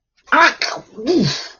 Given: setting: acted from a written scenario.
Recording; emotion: vocal sound without words; anger